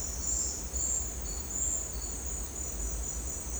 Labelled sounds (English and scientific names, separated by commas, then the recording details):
none
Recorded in dense forest near Puerto Asís, Putumayo, Colombia, on 18 December 2024 at 11:00
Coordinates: 0.466, -76.327
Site G075